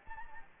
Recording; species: mosquito wingbeat signal from an infrared sensor; Anopheles gambiae